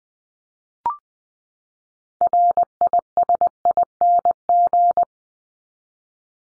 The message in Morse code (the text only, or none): RISING